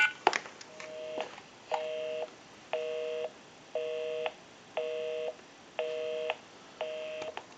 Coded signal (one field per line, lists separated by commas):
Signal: telephone call progress tone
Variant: North America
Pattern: busy tone